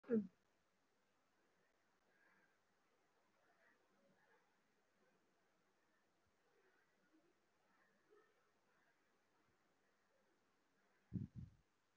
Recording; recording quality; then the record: deep breathing; poor, much background noise or distortion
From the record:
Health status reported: recovered from COVID-19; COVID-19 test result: positive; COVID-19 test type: RT-PCR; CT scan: taken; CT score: 3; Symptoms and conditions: cough, cold, breathing difficulty, chronic lung disease, pneumonia, hypertension, diabetes, another condition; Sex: female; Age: 63 years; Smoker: no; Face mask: worn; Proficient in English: yes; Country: India